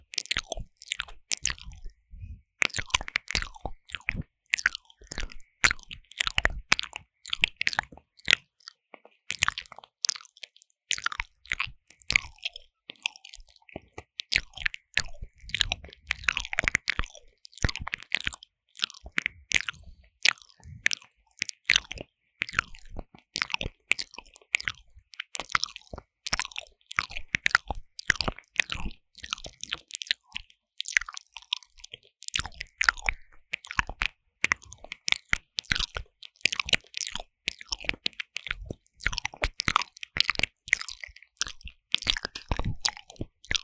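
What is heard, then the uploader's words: Mouth sounds, made up of wet clicks, smacks and crunchy chewing noises, run almost without a break for the whole stretch. The sharp, bright snaps come rapidly and unevenly. There are a few brief pauses, near three seconds and again around thirty. 口腔音慎入!! | 3Dio Mouth Sounds | NoTalking.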